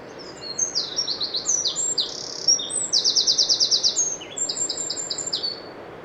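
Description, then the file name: Eurasian wren song, a loud rapid outpouring of high, piercing notes and fast rattling trills, varying phrase to phrase over about five seconds, with a steady low background hiss. "Troglodytes troglodytes"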